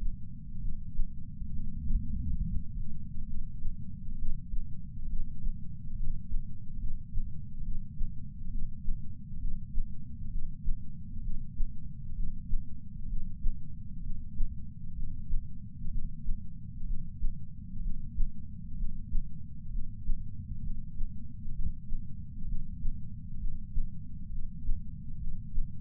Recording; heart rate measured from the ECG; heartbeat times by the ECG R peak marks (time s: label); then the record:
heart sounds by patch sensor on the chest; 66 bpm
0.57 s: heartbeat
1.49 s: heartbeat
2.36 s: heartbeat
3.23 s: heartbeat
4.14 s: heartbeat
5.05 s: heartbeat
5.92 s: heartbeat
6.75 s: heartbeat
7.60 s: heartbeat
8.47 s: heartbeat
9.36 s: heartbeat
10.27 s: heartbeat
11.19 s: heartbeat
12.12 s: heartbeat
13.05 s: heartbeat
13.99 s: heartbeat
14.92 s: heartbeat
15.87 s: heartbeat
16.83 s: heartbeat
17.79 s: heartbeat
18.74 s: heartbeat
19.68 s: heartbeat
20.59 s: heartbeat
21.51 s: heartbeat
22.44 s: heartbeat
23.36 s: heartbeat
24.28 s: heartbeat
25.16 s: heartbeat
From the record:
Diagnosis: coronary artery disease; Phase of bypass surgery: preoperative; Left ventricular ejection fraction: 53.1%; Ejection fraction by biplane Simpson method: 48.3%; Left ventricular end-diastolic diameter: 61 mm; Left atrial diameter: 40 mm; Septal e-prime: 7 cm/s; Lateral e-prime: 11.9 cm/s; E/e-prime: 9.8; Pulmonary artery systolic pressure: 34 mmHg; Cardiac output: 5.1 L/min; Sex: female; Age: 60 years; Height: 158 cm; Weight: 54 kg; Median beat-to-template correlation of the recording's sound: 0.90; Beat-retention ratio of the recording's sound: 1.00